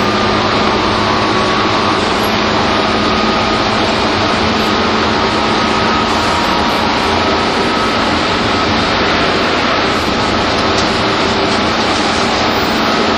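A train ride from Tokyo to Takao gives a steady, dense rumble with a faint constant whine on top, unchanging throughout.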